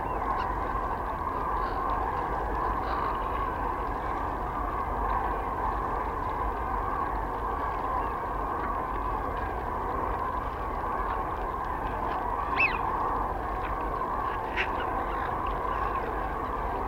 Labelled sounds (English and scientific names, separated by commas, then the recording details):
Common Crane (Grus grus) call
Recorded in the wild
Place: Freesen, Insel Rügen, Mecklenburg-Vorpommern, DE
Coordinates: 54.497, 13.237
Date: 1969-10-05
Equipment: Nagra III BH, Sennheiser MD 21, parabola
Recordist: Schubert, Michael